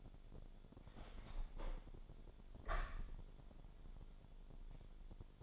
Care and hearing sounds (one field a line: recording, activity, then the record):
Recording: daily activity, microphone in the room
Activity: open window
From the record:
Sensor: 5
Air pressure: 1006.4 hPa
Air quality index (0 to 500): 184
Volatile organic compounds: 5 ppm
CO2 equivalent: 1748 ppm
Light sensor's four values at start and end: 56/160/62/63 and 56/161/62/63